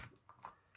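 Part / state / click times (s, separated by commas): plastic piece into the lamp frame / not seated / none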